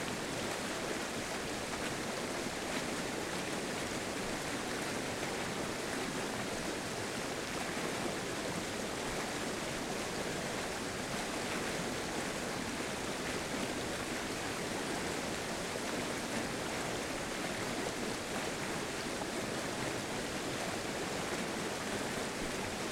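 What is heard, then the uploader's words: A swollen creek churns and splashes up close, a steady, dense roar of rushing water that stays constant throughout, hissing brightly above a softer low rumble. The churning and sploshing of Mitchell Creek up close, as its snowmelt-swollen waters cascade down from Mitchell Lake towards Brainard Lake. Near the Arickaree Picnic Area at Brainard Lake in Indian Peaks Wilderness. Elevation 10,350 feet. INDIAN PEAKS WILDERNESS, COLORADO — July is here. The roar of water. It’s a solid wall-of-water sound. Mitchell Creek Meltwater.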